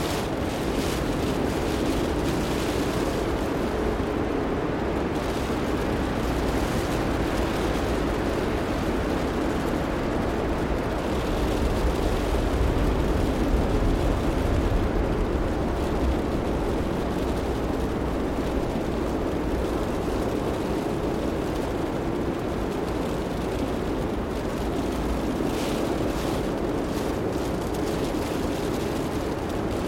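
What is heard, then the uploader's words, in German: A snowstorm heard from inside a car, with a steady, dense low rumble and hiss that stays even throughout, with occasional brighter gusts. Schneesturm | Natürliches Weißes Rauschen im Auto-Kokon.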